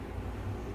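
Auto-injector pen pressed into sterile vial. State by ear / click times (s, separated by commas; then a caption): not seated / none. A Wegovy auto-injector pen is pressed down and held into a sterile 5 ml vial while a steady low rumble and hum continue throughout. No click is heard; nothing has seated or clicked yet.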